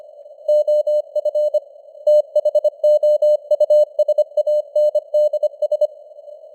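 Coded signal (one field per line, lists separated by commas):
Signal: Morse code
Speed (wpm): 25 wpm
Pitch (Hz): 600 Hz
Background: none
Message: OF THOUSANDS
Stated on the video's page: Morse news headlines at 25 wpm with simulated radio noise and fading (QSB).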